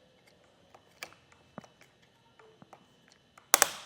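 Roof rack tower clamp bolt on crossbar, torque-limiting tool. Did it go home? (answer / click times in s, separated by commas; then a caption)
yes / 3.5 s. The bolt that clamps a Yakima JetStream roof rack tower to its crossbar on a 2024 Kia Telluride is tightened with the supplied torque-limiting tool. Faint ticks and taps come first, then a sharp, loud click at 3.5 s with a quick second snap right after. The tool has clicked at its torque setting, so the bolt is fully tightened.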